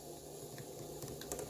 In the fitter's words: to get them to click in and you can hear that click and of course to grab them properly